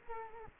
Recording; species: mosquito wingbeat signal from an infrared sensor; Culex quinquefasciatus